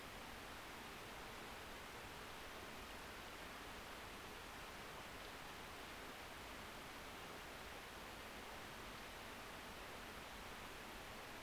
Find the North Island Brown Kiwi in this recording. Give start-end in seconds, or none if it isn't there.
none